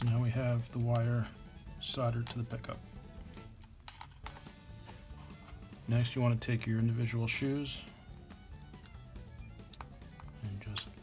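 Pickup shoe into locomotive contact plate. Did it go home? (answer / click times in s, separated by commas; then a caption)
yes / 10.8 s. Over background music, someone talks while individual metal pickup shoes for a model train steam engine, with the wire already soldered to the pickup, are slid into the locomotive's contact plate, with faint small clicks of handling. A sharp snap at 10.8 s marks a shoe seating firmly into the contact plate.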